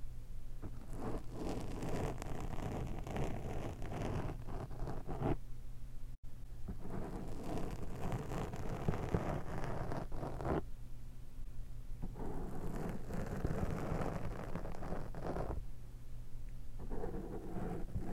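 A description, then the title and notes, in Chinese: A fork pokes and scrapes in rough, dense bursts of crackly scratching over a low rumble, with short pauses every five seconds or so. 叉子/戳&抓。叉子 ASMR。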